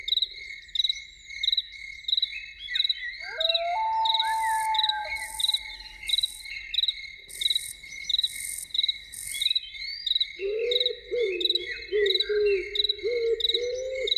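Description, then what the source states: Loon wail, a long steady mournful tone, followed later by a quavering tremolo, while crickets chirp continuously in rapid regular pulses throughout. Evening.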